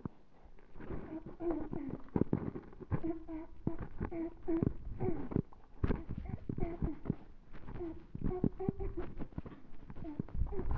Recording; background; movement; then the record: throat clearing; quiet; walking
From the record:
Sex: female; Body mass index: 18.8 kg/m2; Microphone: on the chest, facing the body